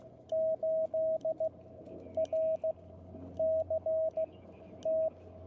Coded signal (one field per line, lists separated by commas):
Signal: Morse code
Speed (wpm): 16 wpm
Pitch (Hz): 640 Hz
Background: radio noise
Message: 8RCT